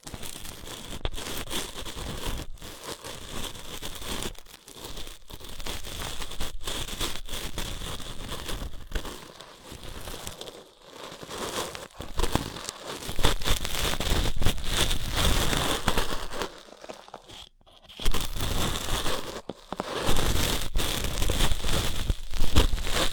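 Ear-cleaning sounds: dense, crackling rubbing and crinkling that scratches and scrapes almost without pause. Brief silent gaps fall near 4, 11 and 17 seconds, and the scraping grows louder and busier in the second half.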